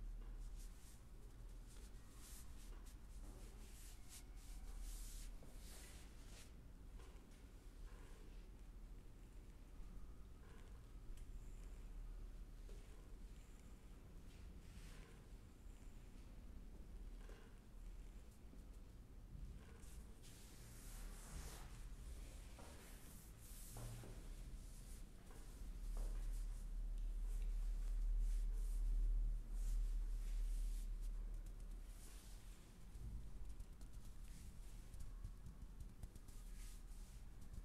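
A chair massage on head, neck and arms, with steady rubbing and brushing strokes over a constant low rumble, growing slightly louder past twenty seconds.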